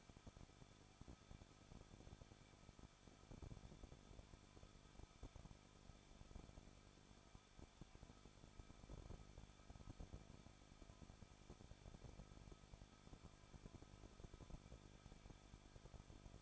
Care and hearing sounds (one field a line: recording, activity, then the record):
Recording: daily activity, microphone in the room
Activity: no activity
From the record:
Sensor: 5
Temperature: 20.8 degrees Celsius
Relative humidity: 38.6%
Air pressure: 1006.4 hPa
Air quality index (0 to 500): 191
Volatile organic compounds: 21 ppm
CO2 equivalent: 2707 ppm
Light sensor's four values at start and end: 2/3/1/1 and 2/3/1/1